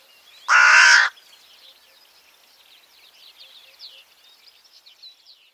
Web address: cianscape birddata Deverinetal 2025 File origin Bird Only Co Co Co Co